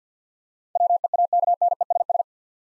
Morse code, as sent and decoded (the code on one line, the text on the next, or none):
.-- . .- -.- -. . ... ...
WEAKNESS